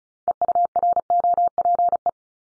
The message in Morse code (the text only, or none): EUROPE